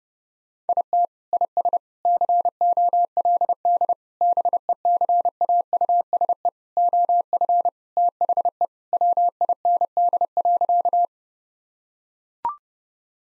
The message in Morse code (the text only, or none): IT IS COLD BECAUSE OF THE WIND.